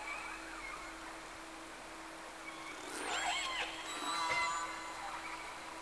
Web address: Sea Snake 10-3-06 Whales X 2 11-30 Round 1